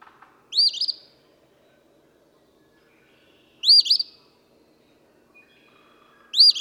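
Eastern phoebe song: three harsh, buzzy phrases about three seconds apart, with faint other bird notes in the gaps.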